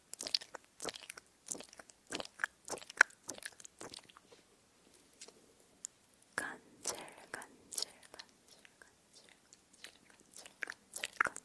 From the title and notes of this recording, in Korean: 간질간질 입소리. Word triggers.